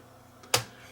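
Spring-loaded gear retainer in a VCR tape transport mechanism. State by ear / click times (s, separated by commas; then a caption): seated / 0.5 s. Inside the tape transport mechanism of a Sony SLV555, the first VHS VCR Sony made, a spring is caught behind a spring-loaded gear retainer and pulled forward until it locks, holding the gear in place. A faint soft sound at 0.4 s is followed by a single sharp, bright snap at 0.5 s that quickly decays. The retainer seats and locks into place.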